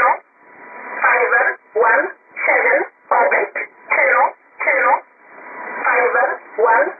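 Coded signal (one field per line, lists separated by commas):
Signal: numbers station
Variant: E11 Oblique, English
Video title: 18 01 2018 E11 Oblique Numbers station in English to Eu 0645 on 7840 unknown tx site in USB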